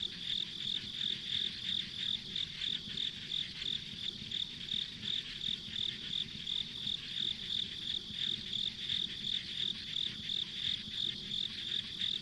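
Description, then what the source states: Insects, a continuous shrill chirping chorus with regular pulses roughly three per second, backed by soft low-frequency noise. Ambient insect sounds recorded on a country road.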